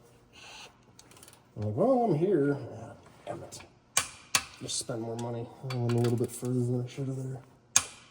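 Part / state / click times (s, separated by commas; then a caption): click-type torque wrench on an engine bolt / torque reached / 7.8 s. A click-type torque wrench tightens a bolt during an engine rebuild while someone talks. Faint ticks are followed by two sharp knocks near 4.0 and 4.4 seconds. The wrench breaks over with a sharp click at 7.8 seconds as it reaches its setting.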